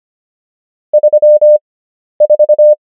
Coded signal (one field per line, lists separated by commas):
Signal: Morse code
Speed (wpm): 25 wpm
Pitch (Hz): 600 Hz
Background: none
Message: 34